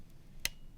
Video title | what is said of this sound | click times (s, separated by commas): Neil video | everything should fit snugly and just fit into place you're gonna hear a little click there | 0.4 s